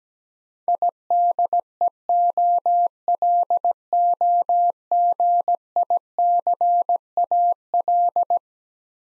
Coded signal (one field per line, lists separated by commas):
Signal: Morse code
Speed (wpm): 17 wpm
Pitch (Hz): 700 Hz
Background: none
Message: IDEOLOGICAL